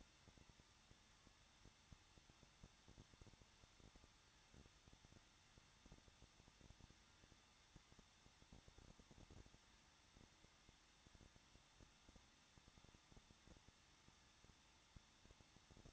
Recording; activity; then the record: daily activity, microphone in the room; no activity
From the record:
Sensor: 3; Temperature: 21.2 degrees Celsius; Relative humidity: 36.4%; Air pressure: 1006.3 hPa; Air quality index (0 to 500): 223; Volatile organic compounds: 43 ppm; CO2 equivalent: 3196 ppm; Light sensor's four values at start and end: 2/3/2/2 and 2/3/2/2